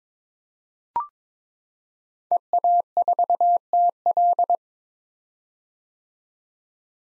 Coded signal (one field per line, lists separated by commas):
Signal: Morse code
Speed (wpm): 22 wpm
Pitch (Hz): 700 Hz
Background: none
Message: EA4TL